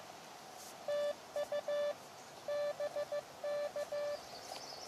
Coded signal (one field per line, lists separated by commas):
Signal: Morse code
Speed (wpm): 15 wpm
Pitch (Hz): 590 Hz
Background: none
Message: TU BK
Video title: Live Portable QRP Today! Elecraft KX2 Random Wire Antenna